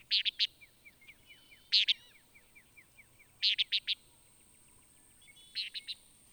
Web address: songs Antillean Nighthawk